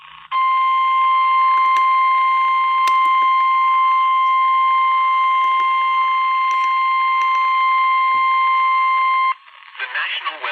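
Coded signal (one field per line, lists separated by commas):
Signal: Emergency Alert System (SAME) tones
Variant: 1050 Hz attention tone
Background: speech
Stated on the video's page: Severe thunderstorm alerts on NOAA Weather Radio for Charleston, South Carolina.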